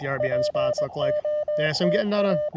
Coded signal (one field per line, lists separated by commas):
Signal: Morse code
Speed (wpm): 21 wpm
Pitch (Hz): 600 Hz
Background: speech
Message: POTT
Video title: CW POTA at K-2032 with the Elecraft KX2 and AX2 antenna